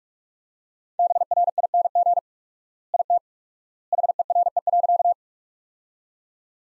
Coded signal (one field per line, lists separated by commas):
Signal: Morse code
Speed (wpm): 43 wpm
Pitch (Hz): 700 Hz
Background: none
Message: BRING IT HERE.